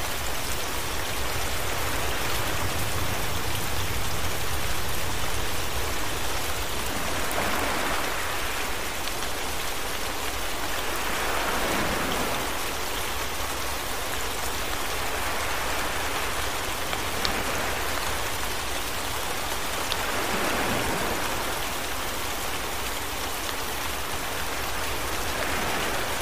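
Rain falls steadily and densely, an even hiss with fine pattering throughout. Every four to eight seconds a softer surge swells and fades beneath it, like waves washing in from the ocean, and the overall level stays constant.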